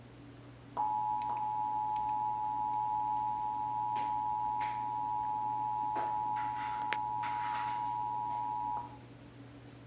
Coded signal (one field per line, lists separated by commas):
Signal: Emergency Alert System (SAME) tones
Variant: 853 and 960 Hz attention tone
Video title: (EAS #564-570) February 2024 Texas Required Monthly Test